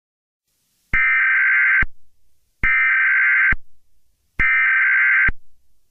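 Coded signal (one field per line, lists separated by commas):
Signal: Emergency Alert System (SAME) tones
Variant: header bursts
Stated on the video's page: Fictional EAS scenario about an alien attack, simulated alert made with an EAS creator tool and text-to-speech.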